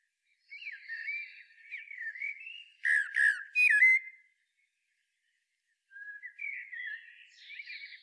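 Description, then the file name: Common blackbird song: soft warbling, three sharp strident notes in quick succession, a pause, then more quiet melodious warbling. "Turdus merula"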